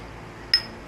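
The perfume cap of an Afnan 9PM Rebel bottle is pushed back onto the bottle neck and snaps on with a single sharp, bright click at 0.5 s, leaving a brief high ringing tone. The cap is seated again and holds firmly and tightly.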